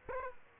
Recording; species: mosquito wingbeat signal from an infrared sensor; Aedes aegypti